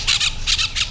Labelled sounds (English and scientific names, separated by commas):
Brown-throated Parakeet (Eupsittula pertinax) contact call